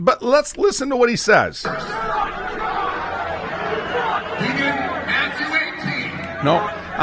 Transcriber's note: crowd yelling